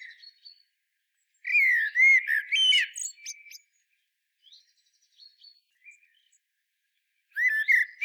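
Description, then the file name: Common blackbird song with a rich fluty phrase of slurred notes that breaks into a squeaky flourish, then soft high chirps, and a second phrase begins at the end. "Turdus merula"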